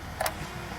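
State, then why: Seated. A hose coupling is pushed into the matching inlet coupling on a hose machine until it seats nice and tight. Two short, sharp clicks ring out at 0.2 s and 0.3 s over a low, steady background hum. The coupling is locked into the unit.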